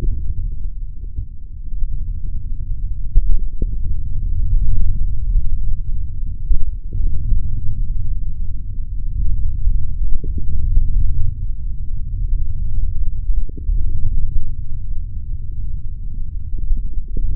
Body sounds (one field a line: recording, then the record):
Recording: forearm muscle sounds (acoustic myography)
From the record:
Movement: hand opening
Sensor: system 3, bracelet of six PUI Audio POM-2738L microphones around the upper forearm, with dedicated amplification and filtering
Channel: 1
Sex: male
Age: 23 years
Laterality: right